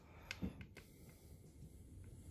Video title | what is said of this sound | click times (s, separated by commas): New Marvel Legends KINGPIN BAF Review! Spider-Man Wave | gonna go now to the left arm and it snaps right in nice | 0.3 s